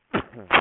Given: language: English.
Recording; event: throat vibration sensor signal played as sound; cough